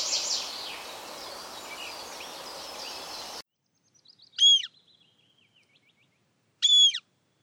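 Harrier calls: two clear arched whistled screams about two seconds apart, preceded by a burst of bird twittering and hiss that cuts off abruptly.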